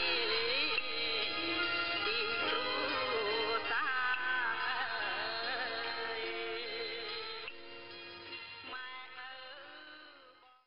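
Cambodian music on shortwave radio, a bowed tro weaving bending melodic lines over a steady low hum, fading slightly toward the end.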